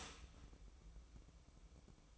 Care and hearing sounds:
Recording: daily activity, microphone in the room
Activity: start toaster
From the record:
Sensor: 1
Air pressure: 1007.1 hPa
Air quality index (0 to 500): 74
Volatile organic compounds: 1 ppm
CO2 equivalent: 657 ppm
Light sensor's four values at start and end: 8/19/7/8 and 8/19/7/8

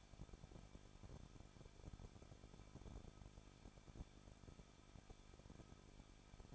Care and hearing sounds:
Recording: daily activity, microphone in the room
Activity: no activity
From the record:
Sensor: 5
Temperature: 20.8 degrees Celsius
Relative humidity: 38.4%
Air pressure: 1006.5 hPa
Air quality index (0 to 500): 189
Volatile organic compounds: 20 ppm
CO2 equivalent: 2674 ppm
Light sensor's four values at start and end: 2/3/1/1 and 2/3/1/1

